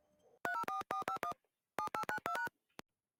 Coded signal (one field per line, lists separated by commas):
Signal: DTMF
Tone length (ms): 100 ms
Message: 304451 7892#